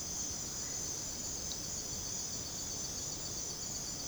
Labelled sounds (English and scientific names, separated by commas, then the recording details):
none
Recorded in secondary vegetation near Puerto Asís, Putumayo, Colombia, on 20 December 2024 at 01:30
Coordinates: 0.489, -76.322
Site G059